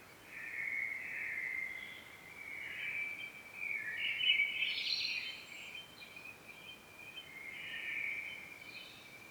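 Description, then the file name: Common blackbird singing a steady run of soft, wavering fluted phrases, with a brighter higher flourish in the middle; no other sounds stand out. "Turdus merula"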